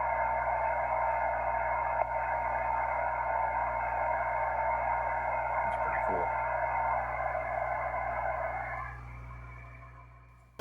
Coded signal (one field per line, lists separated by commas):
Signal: FT8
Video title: Ham Radio - 2 Meter FT8 Tropospheric Ducting - 3 Old Tech Dudes